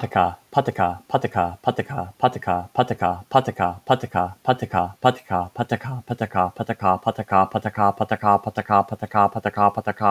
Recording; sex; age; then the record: repeated syllables /pa ta ka/; male; 20 to 29 years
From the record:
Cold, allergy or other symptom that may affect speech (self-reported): no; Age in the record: 27 years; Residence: North Carolina, United States